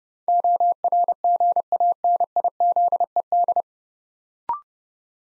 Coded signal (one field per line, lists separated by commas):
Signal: Morse code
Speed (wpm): 30 wpm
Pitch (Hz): 700 Hz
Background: none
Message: ORGANIZED